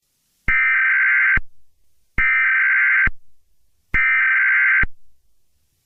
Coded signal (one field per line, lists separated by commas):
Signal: Emergency Alert System (SAME) tones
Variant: header bursts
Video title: EAS Scenario 4: You Will Pay